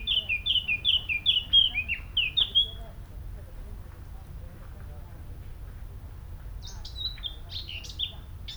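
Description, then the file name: Eurasian blackcap: songbird singing a series of clear fluty whistled notes for nearly three seconds, then a long quiet gap before a softer, scratchier phrase near the end. "Sylvia atricapilla"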